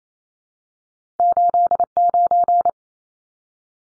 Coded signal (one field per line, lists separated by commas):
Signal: Morse code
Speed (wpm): 28 wpm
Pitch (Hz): 700 Hz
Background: none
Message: 89